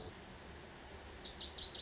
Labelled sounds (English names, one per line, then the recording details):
Lazuli Bunting
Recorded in Sonoma County, California